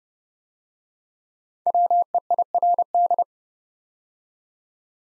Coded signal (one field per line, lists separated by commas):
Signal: Morse code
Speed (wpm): 30 wpm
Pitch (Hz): 700 Hz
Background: none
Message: WEIRD